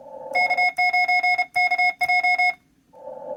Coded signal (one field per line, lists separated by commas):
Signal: Morse code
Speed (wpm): 32 wpm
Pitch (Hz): 2150 Hz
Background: none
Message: K9KJ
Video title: IARU Contest - CW Practice!